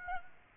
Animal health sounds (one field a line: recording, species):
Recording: mosquito wingbeat signal from an infrared sensor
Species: Aedes aegypti